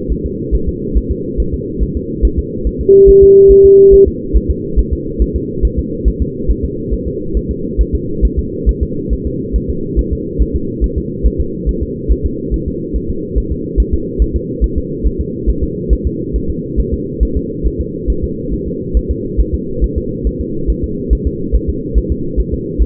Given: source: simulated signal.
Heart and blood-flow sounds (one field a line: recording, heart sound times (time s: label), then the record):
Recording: fetal heart sounds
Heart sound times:
0.12 s: S1
0.26 s: S2
0.55 s: S1
0.69 s: S2
0.97 s: S1
1.11 s: S2
1.40 s: S1
1.54 s: S2
1.83 s: S1
1.97 s: S2
2.25 s: S1
2.39 s: S2
2.67 s: S1
2.81 s: S2
3.09 s: S1
3.23 s: S2
3.52 s: S1
3.66 s: S2
3.94 s: S1
4.08 s: S2
4.36 s: S1
4.51 s: S2
4.79 s: S1
4.93 s: S2
5.22 s: S1
5.36 s: S2
5.65 s: S1
5.79 s: S2
6.08 s: S1
6.22 s: S2
6.51 s: S1
6.65 s: S2
6.94 s: S1
7.08 s: S2
7.37 s: S1
7.51 s: S2
7.81 s: S1
7.95 s: S2
8.25 s: S1
8.39 s: S2
8.69 s: S1
8.83 s: S2
9.13 s: S1
9.27 s: S2
9.56 s: S1
9.70 s: S2
9.99 s: S1
10.13 s: S2
10.42 s: S1
10.56 s: S2
10.84 s: S1
10.98 s: S2
11.27 s: S1
11.41 s: S2
11.69 s: S1
11.83 s: S2
12.12 s: S1
12.26 s: S2
12.54 s: S1
12.68 s: S2
12.96 s: S1
13.10 s: S2
13.38 s: S1
13.52 s: S2
13.80 s: S1
13.94 s: S2
14.22 s: S1
14.36 s: S2
14.64 s: S1
14.78 s: S2
15.07 s: S1
15.21 s: S2
15.50 s: S1
15.64 s: S2
15.93 s: S1
16.07 s: S2
16.36 s: S1
16.50 s: S2
16.80 s: S1
16.94 s: S2
17.23 s: S1
17.37 s: S2
17.67 s: S1
17.81 s: S2
18.10 s: S1
18.24 s: S2
18.54 s: S1
18.68 s: S2
18.97 s: S1
19.11 s: S2
19.41 s: S1
19.55 s: S2
19.84 s: S1
19.98 s: S2
20.27 s: S1
20.41 s: S2
20.70 s: S1
20.84 s: S2
21.13 s: S1
21.27 s: S2
21.55 s: S1
21.69 s: S2
21.98 s: S1
22.12 s: S2
22.40 s: S1
22.54 s: S2
22.82 s: S1
From the record:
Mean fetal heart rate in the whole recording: 140 bpm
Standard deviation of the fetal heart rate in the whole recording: 2 bpm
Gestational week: 34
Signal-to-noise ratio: -6.6 dB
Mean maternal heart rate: 72 bpm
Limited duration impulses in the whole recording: present